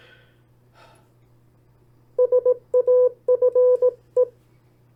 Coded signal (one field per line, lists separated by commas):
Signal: Morse code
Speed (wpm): 18 wpm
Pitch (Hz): 500 Hz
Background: none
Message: SAFE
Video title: CW Copy Practice; 10 sets of Opposite Words. Learn CW, Learn Morse Code